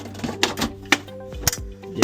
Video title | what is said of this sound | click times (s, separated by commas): Naour Chauffage - Installation et explication Netatmo | Une fois les raccordements électriques faits, on referme le capot. Bien clipsé, | 0.4 s, 0.9 s, 1.5 s, 2.0 s